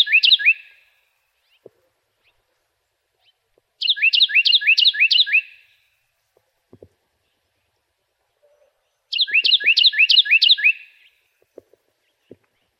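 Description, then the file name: Cactus wren repeating a harsh, rhythmic chatter of rapid grating notes in three bursts, with a few faint clicks between phrases. "CAWR 1 C deviche"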